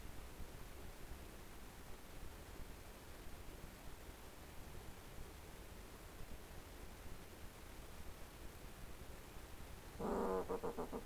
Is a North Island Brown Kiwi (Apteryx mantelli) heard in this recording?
no